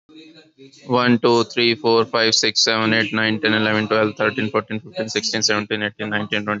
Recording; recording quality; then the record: counting at a fast pace; excellent, no background noise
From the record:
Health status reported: healthy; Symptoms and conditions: none ticked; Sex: male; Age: 34 years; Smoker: not ticked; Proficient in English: yes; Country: India